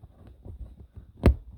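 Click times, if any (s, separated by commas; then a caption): 1.3 s. A Mercedes (W204, X204, W212) seat cushion cover's plastic retaining clip is pressed into the seat frame's factory clip, with low, faint handling rumbles beforehand. A sharp, bright click rings out at 1.3 s as the clip seats into place.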